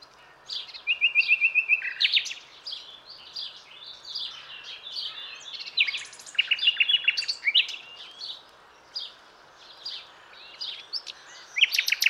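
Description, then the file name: Common nightingale song: a fast run of repeated whistled notes, then varied churring and chattering phrases, a buzzy trill and sharp rising notes, in a near-continuous outpouring. "Luscinia megarhynchos"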